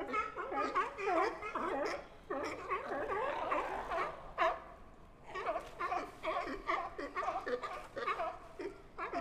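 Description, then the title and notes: California sea lion barking and wavering groans from several animals, calls coming in quick irregular bursts with short gaps between clusters. Several sea lions fighting loudly for space on floating docks at a pier in San Francisco. "Sea Lions at Pier 39. Listen to the loud sea lions fighting for their space on floating docks at Pier 39"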